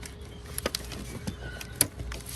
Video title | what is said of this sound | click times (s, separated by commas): 2014-2019 C7 Corvette Heater Hose Assembly Replacement **STEP BY STEP** | Bam. There's the click. | 1.8 s